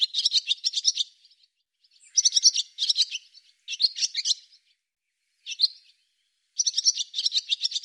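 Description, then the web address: Bird calling in bursts of rapid, buzzy high chirps, separated by short silences. "cianscape birddata Deverinetal 2025 Bird Hi Ru"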